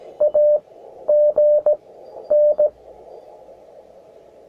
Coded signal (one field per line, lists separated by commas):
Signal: Morse code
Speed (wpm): 17 wpm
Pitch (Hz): 600 Hz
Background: radio noise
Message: A G N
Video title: 20220409 21MHZ BX2AK CW QSO BEGALI INTREPID BUG KEY